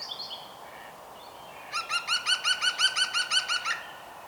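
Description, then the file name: European green woodpecker laughing call: a rapid series of about a dozen ringing, evenly spaced notes lasting two seconds, after faint high chirps from other birds. "Groene Specht Picus viridis"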